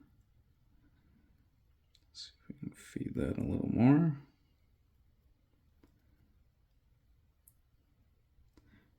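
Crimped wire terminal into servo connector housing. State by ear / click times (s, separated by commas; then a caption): seated / 7.5 s. Someone talks while a crimped female Dupont-style metal pin on a shortened RC servo wire is fed into a plastic connector housing. A brief, sharp click is heard at 7.5 s as the pin's retaining flap locks. The terminal is seated, with the flaps now lying flat.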